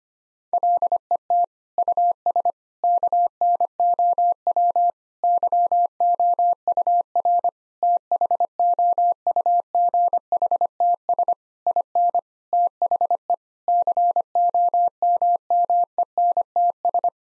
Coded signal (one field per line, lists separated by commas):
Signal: Morse code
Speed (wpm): 25 wpm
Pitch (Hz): 700 Hz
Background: none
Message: LET US KNOW YOUR THOUGHTS IN THE COMMENTS